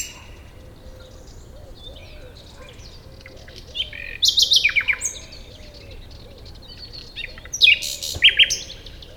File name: Luscinia megarhynchos